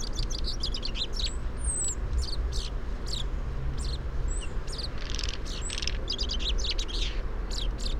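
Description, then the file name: Common chaffinch calls: quick clusters of short high chirps mixed with a few thin descending whistles, over a low rumble. "Fringilla coelebs"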